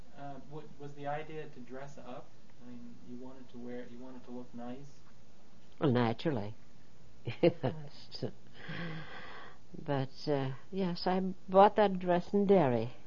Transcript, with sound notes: Uh, was the idea to dress up, I mean, you wanted to wear, you wanted to look nice?
Well, naturally. ( she laughs ) But, uh, yes, I bought that dress in Derry.